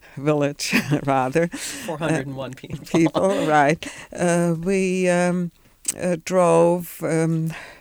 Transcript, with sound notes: Village, rather.
Four hundred and one people. (they laugh)
Right. We drove from